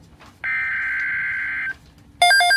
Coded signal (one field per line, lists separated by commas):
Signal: Emergency Alert System (SAME) tones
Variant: header bursts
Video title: Severe Thunderstorm Watch #325 - EAS #436